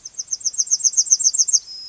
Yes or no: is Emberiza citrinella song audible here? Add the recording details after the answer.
yes. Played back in grassland. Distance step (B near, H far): C. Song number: 016